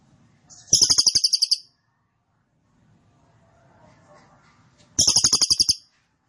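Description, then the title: Cililin delivering two dense high-pitched trills of about ten quick notes each, four seconds apart, over a quiet low background. Recording for training caged birds; song style called trorol konslet, described as gacor (singing very actively). "Cililin AMPUH 4. Cililin Trorol Konslet Gacor Banget"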